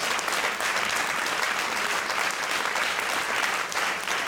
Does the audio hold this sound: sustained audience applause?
yes